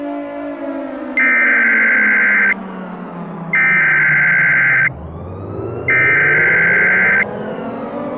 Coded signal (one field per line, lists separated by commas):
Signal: Emergency Alert System (SAME) tones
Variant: header bursts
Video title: EAS Scenario - Frederick County Fire Scenario (PART 2)